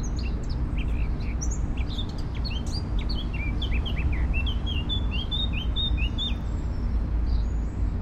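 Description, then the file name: Eurasian blackcap song, a quick run of varied chirps and slurred notes over a steady low rumble of background noise. "Sylvia atricapilla"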